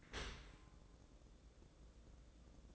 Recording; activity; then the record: daily activity, microphone in the room; open dishwasher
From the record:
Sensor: 3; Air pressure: 1012.3 hPa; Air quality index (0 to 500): 144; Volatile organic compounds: 2 ppm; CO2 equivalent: 1111 ppm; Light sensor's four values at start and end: 634/1576/645/645 and 635/1581/647/647